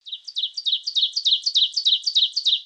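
Songbird song, a quick run of repeated high, sharply descending chirped notes, steady and unbroken throughout, with no other sounds.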